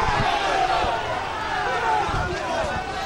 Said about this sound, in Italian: Questa mattina all'uscita dei fermati dalla caserma dei carabinieri è esplosa la rabbia della popolazione di Guidonia. Sentiamola.